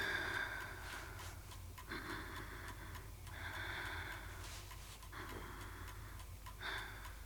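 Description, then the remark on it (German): A child breathes slowly and steadily in and out, several soft airy breaths in a regular rhythm, each lasting about a second, with no talking, while a pediatrician listens to the chest and back with a stethoscope. “Jetzt bitte nichts mehr sagen. Nur atmen.”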